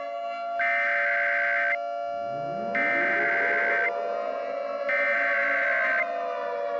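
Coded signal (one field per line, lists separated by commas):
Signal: Emergency Alert System (SAME) tones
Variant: header bursts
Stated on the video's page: A fictional, staged EAS scenario about an evacuation of Oakland County, Michigan.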